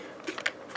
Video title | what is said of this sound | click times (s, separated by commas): Tulster Holster Review 2020: Is This The Best IWB Kydex Concealed Carry Holster? | you push it all the way in and then you get that nice positive click just like that | 0.5 s